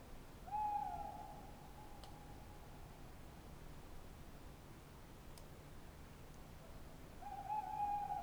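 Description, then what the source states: Tawny owl hooting: a long, level hoot near the start and another at the end, separated by quiet night background hiss. Tawny owl on the wooded banks of the Dordogne near Limeuil, Alles-sur-Dordogne, France, on a starry night at the end of the Cadouin festival; recorded on Sonosax SX-R4+ with DPA 4022 microphones.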